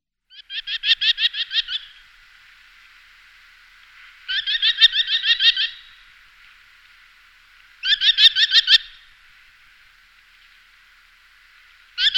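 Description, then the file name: Merlin chattering call: bursts of several sharp, high, rapid notes, each burst lasting over a second and repeated roughly every three and a half seconds, with quiet between. "dřemlík-tundrový"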